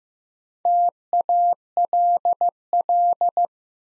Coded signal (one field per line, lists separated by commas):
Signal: Morse code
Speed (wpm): 15 wpm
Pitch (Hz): 700 Hz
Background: none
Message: TALL